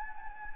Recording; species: mosquito wingbeat signal from an infrared sensor; Anopheles gambiae